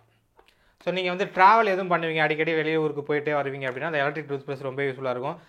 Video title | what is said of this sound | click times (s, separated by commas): Best Electric tooth brush 2024 - AGARO COSMIC PLUS MAX Sonic Electric tooth brush | lock ஆக மாட்டது so இப்ப வந்து lock ஆயிடுச்சு சோ | 0.4 s, 0.5 s